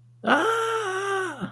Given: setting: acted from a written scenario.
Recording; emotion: vocal sound without words; positive surprise